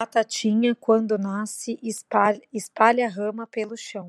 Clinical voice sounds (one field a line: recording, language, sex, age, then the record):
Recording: short text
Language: Brazilian Portuguese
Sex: female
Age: 30 to 39 years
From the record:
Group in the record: control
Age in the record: 33 years